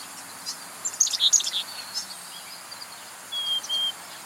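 Bird song with a burst of quick high chirps, then two short clear whistled notes near the end, over steady background hiss.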